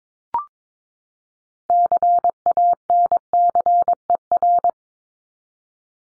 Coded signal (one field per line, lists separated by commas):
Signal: Morse code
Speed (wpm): 22 wpm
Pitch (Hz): 700 Hz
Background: none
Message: CANCER